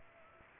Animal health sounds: mosquito wingbeat signal from an infrared sensor; Culex pipiens

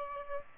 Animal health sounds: mosquito wingbeat signal from an infrared sensor; Aedes aegypti

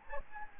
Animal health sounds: mosquito wingbeat signal from an infrared sensor; Anopheles gambiae

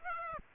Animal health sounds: mosquito wingbeat signal from an infrared sensor; Aedes aegypti

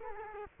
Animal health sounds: mosquito wingbeat signal from an infrared sensor; Culex quinquefasciatus

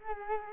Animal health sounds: mosquito wingbeat signal from an infrared sensor; Culex quinquefasciatus

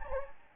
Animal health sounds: mosquito wingbeat signal from an infrared sensor; Anopheles gambiae

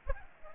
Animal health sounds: mosquito wingbeat signal from an infrared sensor; Aedes aegypti

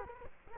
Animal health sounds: mosquito wingbeat signal from an infrared sensor; Culex quinquefasciatus

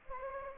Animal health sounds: mosquito wingbeat signal from an infrared sensor; Anopheles gambiae

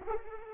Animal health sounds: mosquito wingbeat signal from an infrared sensor; Culex pipiens

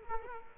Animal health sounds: mosquito wingbeat signal from an infrared sensor; Culex quinquefasciatus

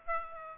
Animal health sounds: mosquito wingbeat signal from an infrared sensor; Aedes aegypti

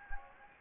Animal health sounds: mosquito wingbeat signal from an infrared sensor; Anopheles gambiae

